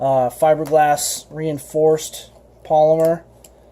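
Someone talks while handling a heavy-duty fiberglass-reinforced polymer side-release buckle on a backpack strap, bringing the male end toward the female end. Nothing has seated or clicked yet; the clip ends before the buckle goes home.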